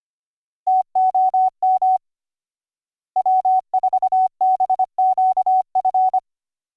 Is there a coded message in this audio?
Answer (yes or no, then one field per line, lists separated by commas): yes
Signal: Morse code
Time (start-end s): 0.7-6.2 s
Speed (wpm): 25 wpm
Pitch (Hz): 750 Hz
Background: none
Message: TOM W4BQF